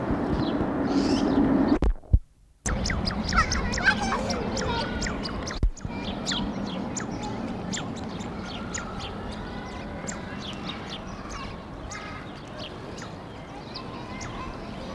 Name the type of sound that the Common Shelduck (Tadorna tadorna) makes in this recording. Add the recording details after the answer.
call. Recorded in captivity. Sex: pair. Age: adult. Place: Zoo Leipzig, Sachsen, DE. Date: 1988-04-28 12:30. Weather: overcast, 12°C. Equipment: Nagra SN, Kopie Tesla B 116. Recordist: Tembrock, Günter